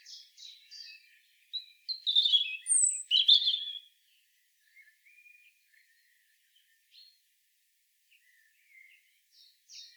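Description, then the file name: European robin singing a rich jumble of high warbled notes, then a long quieter stretch of faint scattered thin notes and short pauses. "Erithacus rubecula"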